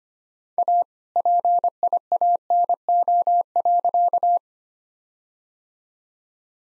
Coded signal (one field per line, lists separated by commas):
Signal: Morse code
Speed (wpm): 25 wpm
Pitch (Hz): 700 Hz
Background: none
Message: A PIANO.